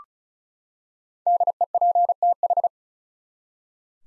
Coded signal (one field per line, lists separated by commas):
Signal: Morse code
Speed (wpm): 34 wpm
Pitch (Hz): 700 Hz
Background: none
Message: DEPTH